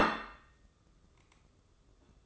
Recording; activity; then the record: daily activity, microphone in the room; place plate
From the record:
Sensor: 3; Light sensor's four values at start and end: 15/45/19/15 and 15/44/19/15